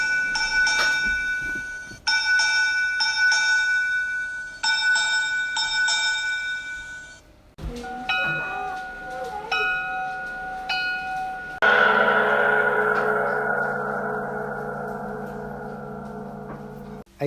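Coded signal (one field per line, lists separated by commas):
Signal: bell signal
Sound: several separate bell strokes, then about five seconds of continuous rapid bell ringing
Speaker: a vessel aground shall give the bell signal and if required the gong signal prescribed in paragraph G of this rule and shall in addition give three separate and distinct strokes on the Bell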